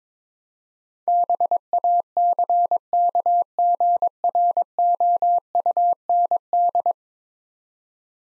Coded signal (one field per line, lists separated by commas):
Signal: Morse code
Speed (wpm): 22 wpm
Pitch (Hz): 700 Hz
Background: none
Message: BACKGROUND